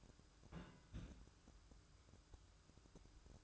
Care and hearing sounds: daily activity, microphone in the room; place on stove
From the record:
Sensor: 2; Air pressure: 1007.9 hPa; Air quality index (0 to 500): 108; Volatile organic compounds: 1 ppm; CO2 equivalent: 809 ppm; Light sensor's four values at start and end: 7/16/6/6 and 7/16/6/6

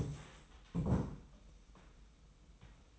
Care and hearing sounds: daily activity, microphone in the room; stand up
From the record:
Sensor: 1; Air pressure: 990.4 hPa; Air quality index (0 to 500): 152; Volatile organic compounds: 1000 ppm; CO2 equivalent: 5513 ppm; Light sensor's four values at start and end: 32/75/32/35 and 32/74/32/34

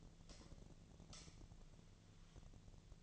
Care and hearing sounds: daily activity, microphone in the room; light off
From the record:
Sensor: 4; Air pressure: 1010.6 hPa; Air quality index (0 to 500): 173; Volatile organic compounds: 5 ppm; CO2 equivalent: 1758 ppm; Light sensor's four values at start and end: 37/108/43/43 and 37/106/42/43

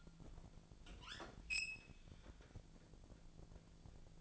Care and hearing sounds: daily activity, microphone in the room; open fridge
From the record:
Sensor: 5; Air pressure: 1000.2 hPa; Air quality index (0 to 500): 98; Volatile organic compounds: 1 ppm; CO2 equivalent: 794 ppm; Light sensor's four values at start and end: 230/545/234/256 and 236/557/239/262

